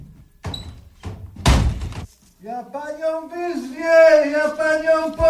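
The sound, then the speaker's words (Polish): A couple of sharp thuds give way to one loud, booming door slam as a patient is pushed out the door. A raised, strained voice then starts talking right afterward. “Zanim zdążył zawrzasnąć, wypchłam go za drzwi.”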